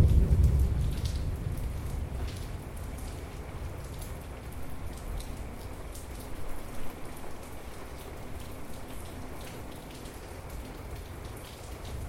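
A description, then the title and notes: A thunderstorm, opening on the tail of a deep, low rumble that fades over the first few seconds. After that, steady rain fills the scene evenly, with scattered drops ticking brightly on a surface and a brief swell around the seventh second. A soundscape of thunderstorm recordings.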